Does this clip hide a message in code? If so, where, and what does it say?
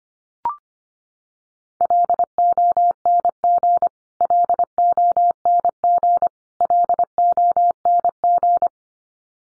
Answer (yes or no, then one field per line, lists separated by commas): yes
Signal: Morse code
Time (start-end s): 1.8-8.7 s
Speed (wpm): 25 wpm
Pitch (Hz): 700 Hz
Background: none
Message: LONG LONG LONG